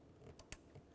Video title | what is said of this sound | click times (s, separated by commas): How to Replace Air Injection Check Valve 2005-2010 Chevrolet Cobalt | I heard a click, now I'm going to try to give it a tug. | 0.5 s